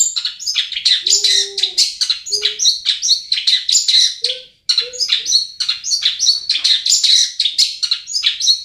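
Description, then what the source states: Long-tailed shrike song: dense, scratchy chattering of rapid harsh notes, with a few low whistled tones and a brief pause midway. Cage-bird training song.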